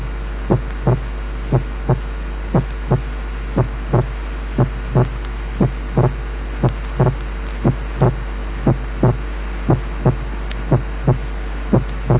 Normal inspiratory splitting of the second heart sound. The second sound became single on expiration.